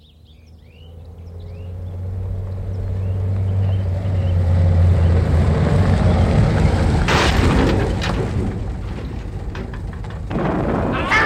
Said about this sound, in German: neuer PKW in die Schlucht. Das werden Sie doch wenigstens mitbekommen haben, liebe Hörer.